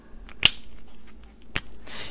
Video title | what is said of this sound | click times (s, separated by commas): Unboxing, Review and Swatching of the 36 Set of the Arteza Gray Everblend Markers | notice you hear that they click shut really nice | 1.6 s